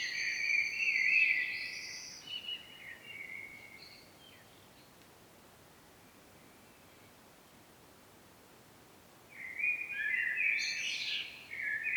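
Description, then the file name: Blackbird with a mellow warbled song phrase trailing off into soft notes, a long quiet pause, then another phrase ending in sharp, high squeaks. "Turdus merula"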